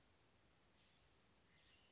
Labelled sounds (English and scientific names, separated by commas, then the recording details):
Western Flycatcher (Empidonax difficilis)
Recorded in Sonoma County, California